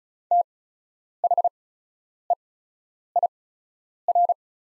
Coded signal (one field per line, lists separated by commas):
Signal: Morse code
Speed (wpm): 36 wpm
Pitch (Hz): 700 Hz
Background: none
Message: THEIR